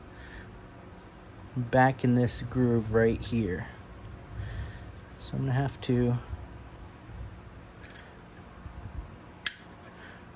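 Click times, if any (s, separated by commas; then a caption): 9.5 s. During a Glock 43X magazine release replacement, someone talks while pressing the small spring rod of a steel magazine catch back into its groove in the polymer pistol frame. A sharp click sounds at 9.5 s as the rod seats in the groove, ending up bent over in place.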